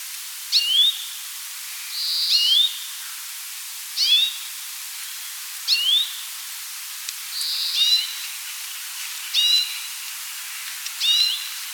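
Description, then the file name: Grey-capped greenfinch calls: upslurred chirps and short buzzy notes alternating irregularly, about every second or two, over steady hiss. "Carduelis sinica"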